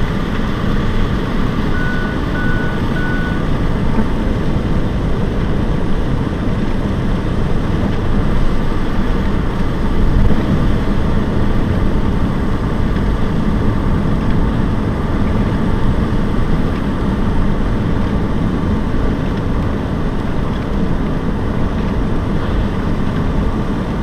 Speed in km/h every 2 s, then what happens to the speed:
61, 62, 65, 69, 69, 69, 70, 71, 70, 70, 72, 72.
0-7 speeds up to 69. 7-24 steady at about 70.